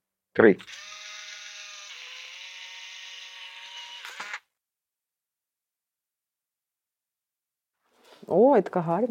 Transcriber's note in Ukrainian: звук фотощопу